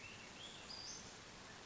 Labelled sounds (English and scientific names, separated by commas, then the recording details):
Western Flycatcher (Empidonax difficilis)
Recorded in Sonoma County, California